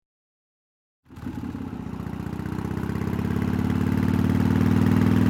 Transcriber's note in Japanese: バイク走行音